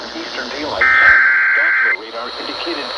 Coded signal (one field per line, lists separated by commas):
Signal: Emergency Alert System (SAME) tones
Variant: header bursts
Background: speech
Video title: Flash Flood Warning (EAS 241-245)